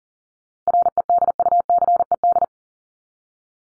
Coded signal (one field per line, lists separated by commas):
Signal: Morse code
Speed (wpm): 40 wpm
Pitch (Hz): 700 Hz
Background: none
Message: REDUCED